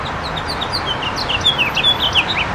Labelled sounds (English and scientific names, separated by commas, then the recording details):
House Finch (Haemorhous mexicanus) song
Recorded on Long Island, New York, on 9 June 2012
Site EF
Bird A